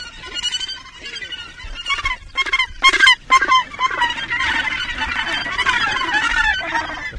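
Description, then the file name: Australasian gannets calling in a colony, overlapping harsh, grating cackles repeated rapidly, several birds at once forming a continuous raucous chorus. Vocalizations from a colony at Cape Kidnappers, New Zealand. "Australasian Gannet (Morus serrator) vocalizations from colony at Cape Kidnappers, New Zealand"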